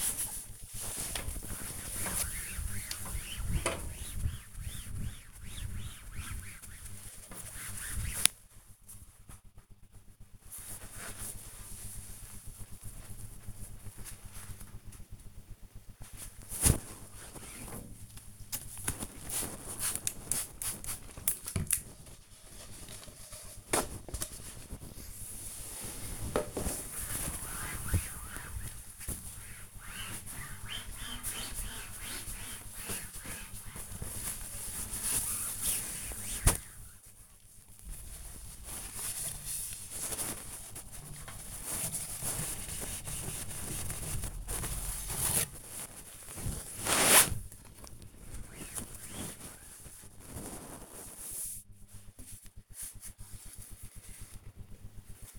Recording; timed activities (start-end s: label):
household activities, microphone on the right wrist
0.00-50.46 s: cleaning door